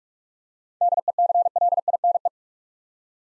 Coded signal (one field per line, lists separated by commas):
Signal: Morse code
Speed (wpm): 44 wpm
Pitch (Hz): 700 Hz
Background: none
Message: DECLINE